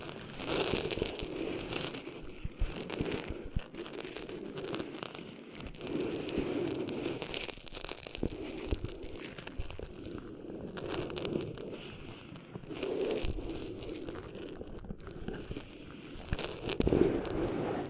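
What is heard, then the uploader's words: Ear cleaning ASMR with sand: a continuous gritty scratching and crackling, dense and uneven, like grains rubbing and scraping. Louder bursts of rustle come every second or two, with a sharper crunch near the end. A soft low rumble sits underneath throughout. ASMR Cleaning Sand Out of Your Ears (No Talking).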